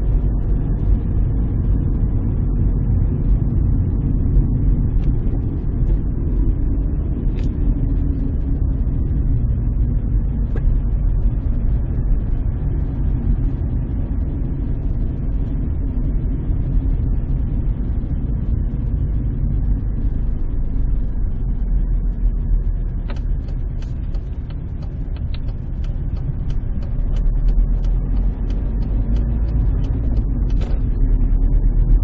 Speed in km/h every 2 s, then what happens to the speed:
39, 39, 36, 29, 24, 26, 29, 28, 27, 23, 18, 16, 15, 21, 28, 31.
0-8 slows to 24. 8-16 steady at about 27. 16-22 slows to 16. 24-32 speeds up to 31.